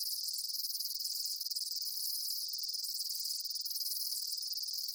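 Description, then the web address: Insects produce a steady, high-pitched chirping drone, a dense chorus with two brief lower bursts. Daytime insect ambience, bugs chirping outdoors. "Blastwave INSECTS Amb Day Insects. ambience insects chirps day bugs"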